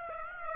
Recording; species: mosquito wingbeat signal from an infrared sensor; Aedes aegypti